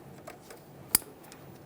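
An electrical wiring harness connector on a 2015-2020 Ford F-150 3.5L V6 is lined up and pressed into an engine component on the intake during ignition coil boot replacement. Faint ticks around 0.3, 0.5 and 1.3 seconds lead up to one loud, sharp click at 0.95 seconds. The connector seats.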